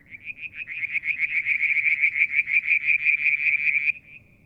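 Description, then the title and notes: Frog call as a rapid pulsed high trill lasting about four seconds, each pulse swelling slightly, then trailing off into quiet. Mount Wilson, New South Wales, Australia; July 2022; evening, near a water tank. "Frog song, Mount Wilson, New South Wales, Australia in July 2022 – by Alexander Moffatt. Limnodynastes Peronii, Litoria Verreauxii and a mystery frog one evening near the water tank"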